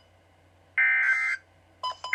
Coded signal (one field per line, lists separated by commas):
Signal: Emergency Alert System (SAME) tones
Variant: end-of-message bursts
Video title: EAS 4 KIH35 RWT